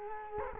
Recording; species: mosquito wingbeat signal from an infrared sensor; Culex quinquefasciatus